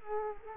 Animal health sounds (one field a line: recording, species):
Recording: mosquito wingbeat signal from an infrared sensor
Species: Culex quinquefasciatus